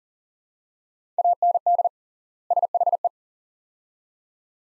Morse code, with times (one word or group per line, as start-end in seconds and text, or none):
1.2-1.9 AND
2.5-3.1 SHE